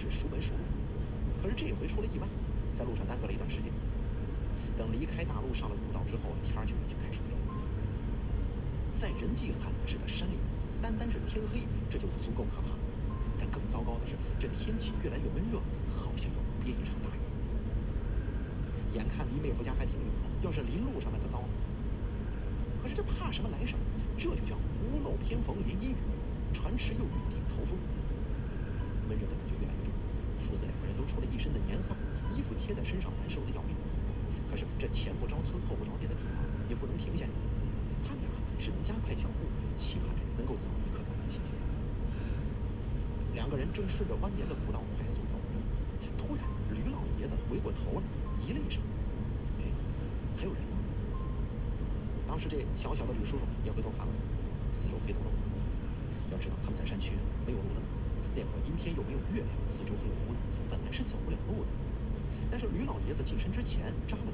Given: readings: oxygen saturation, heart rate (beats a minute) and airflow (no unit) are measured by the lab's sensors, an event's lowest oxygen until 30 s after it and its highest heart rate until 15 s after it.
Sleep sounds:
a person awake in a sleep study, by a smartphone at the bedside; none
0.00-64.34 s: awake
From the record:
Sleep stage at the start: awake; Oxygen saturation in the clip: 93 to 94%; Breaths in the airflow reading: 18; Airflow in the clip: -1.7 to 3.2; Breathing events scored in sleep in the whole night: 335 in 6.7 hours asleep

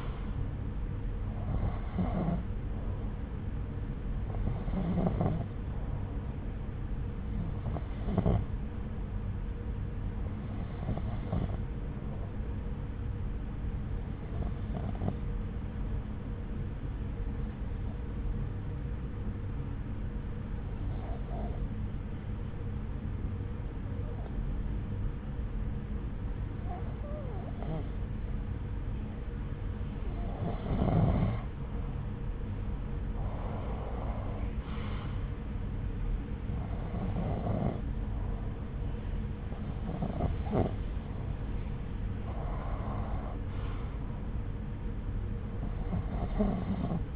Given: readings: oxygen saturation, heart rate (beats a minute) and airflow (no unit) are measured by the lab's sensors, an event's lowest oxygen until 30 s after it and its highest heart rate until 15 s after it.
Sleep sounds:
breathing in sleep by a smartphone at the bedside; 1
15.00-43.00 s: hypopnea (N1, oxygen 94% highest, then 89% lowest)
From the record:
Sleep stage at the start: N1 (lightest sleep); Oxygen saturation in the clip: 89 to 94%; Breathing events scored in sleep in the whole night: 303 in 8.1 hours asleep

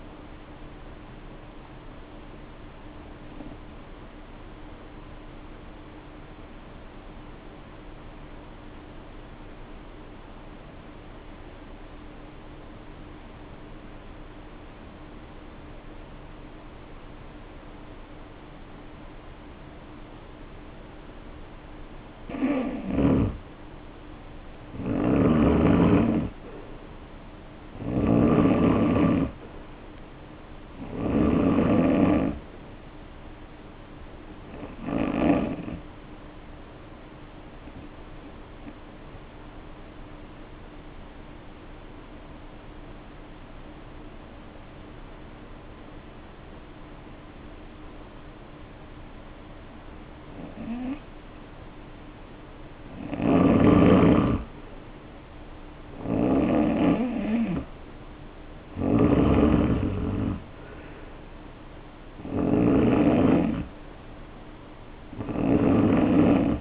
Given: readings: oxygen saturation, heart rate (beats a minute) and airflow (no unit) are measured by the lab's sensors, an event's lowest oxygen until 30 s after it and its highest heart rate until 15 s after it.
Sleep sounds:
breathing in sleep by a voice recorder at the bedside; 2
4.00-23.80 s: hypopnea (N3, oxygen 96% highest, then 85% lowest, heart rate 59 at the start, 66 highest)
13.00-66.61 s: new sleep stage, N2 (light sleep)
38.00-54.70 s: hypopnea (N2, oxygen 94% highest, then 83% lowest, heart rate 57 at the start, 66 highest)
From the record:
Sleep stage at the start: N3 (deep sleep); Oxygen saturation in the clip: 85 to 96%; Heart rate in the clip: 51 to 66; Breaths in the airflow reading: 14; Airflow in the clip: -2.9 to 4.2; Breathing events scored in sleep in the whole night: 520 in 7.2 hours asleep

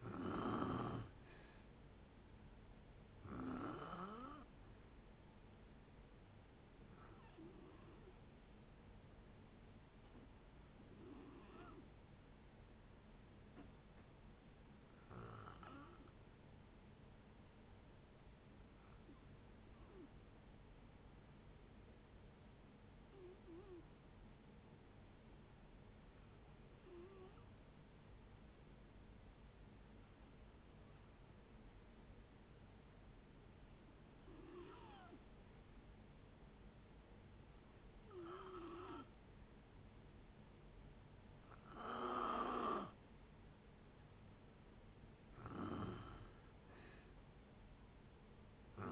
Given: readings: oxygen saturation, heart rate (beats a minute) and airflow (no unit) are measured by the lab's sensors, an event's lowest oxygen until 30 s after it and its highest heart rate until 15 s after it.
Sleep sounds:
breathing in sleep by a voice recorder at the bedside; 1
10.00-42.90 s: hypopnea (N2, oxygen 94% highest, then 86% lowest, heart rate 63 at the start, 68 highest)
From the record:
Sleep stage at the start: N2 (light sleep); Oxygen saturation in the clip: 86 to 94%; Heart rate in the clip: 57 to 67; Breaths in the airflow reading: 13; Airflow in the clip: -6.5 to 5.3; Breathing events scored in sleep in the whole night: 496 in 5.4 hours asleep

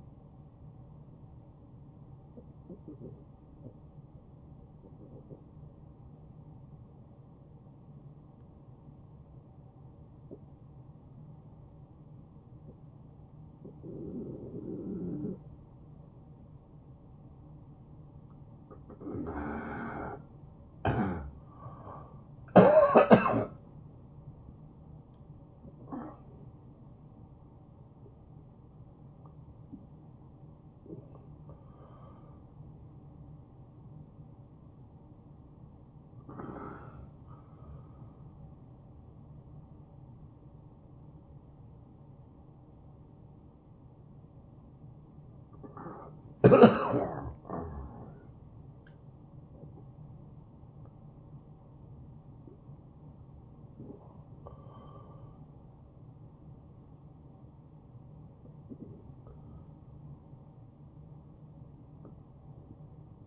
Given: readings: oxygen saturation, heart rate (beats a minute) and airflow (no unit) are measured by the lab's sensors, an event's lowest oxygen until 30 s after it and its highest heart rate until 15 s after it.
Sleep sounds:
a person awake in a sleep study, by a smartphone at the bedside; 1
5.00-20.10 s: obstructive apnea (N1, oxygen 78% highest, then 78% lowest, heart rate 82 at the start, 90 highest)
18.00-63.27 s: new sleep stage, awake
24.00-63.27 s: awake
From the record:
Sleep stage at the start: N1 (lightest sleep); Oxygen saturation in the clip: 70 to 96%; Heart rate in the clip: 79 to 91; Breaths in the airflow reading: 9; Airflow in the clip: -9.5 to 6.9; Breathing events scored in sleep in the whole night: 263 in 5.5 hours asleep

